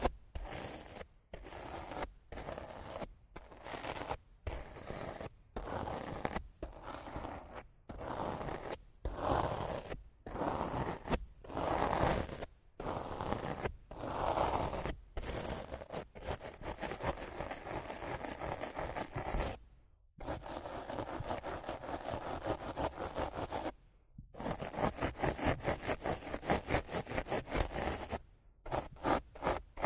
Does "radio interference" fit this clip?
no